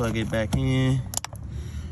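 A wiring harness connector is plugged back onto the fuel pump module of a 2005 Chrysler 300 while someone talks. A sharp, short click at 1.2 s shows the connector seated.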